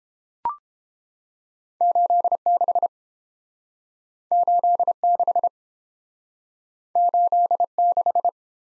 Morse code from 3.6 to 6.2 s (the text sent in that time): 86